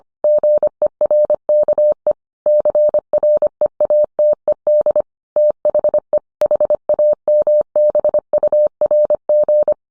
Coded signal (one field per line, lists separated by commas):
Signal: Morse code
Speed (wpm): 25 wpm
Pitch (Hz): 600 Hz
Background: none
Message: GERKE CREATED THE HAMBURG